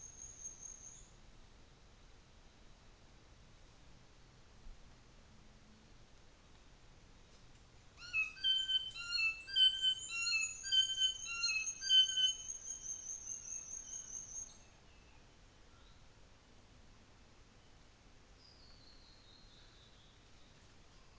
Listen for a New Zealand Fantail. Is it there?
no